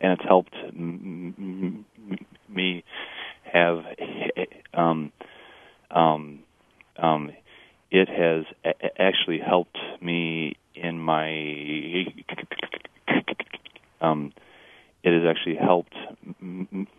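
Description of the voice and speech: Adult male speaker who stutters, heard over a telephone or radio line. The speech shows repeated restarts of whole words and phrases ("it has actually helped me"), repeated "um" fillers, prolonged sounds, blocks, and long silent pauses between words.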